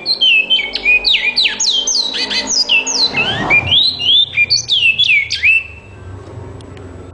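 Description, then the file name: Great-billed seed finch song: a rapid run of loud, clear whistled notes sliding downward, sweeping and warbling high, with a brief noisy burst midway, then a few trailing notes. "canto do bicudo"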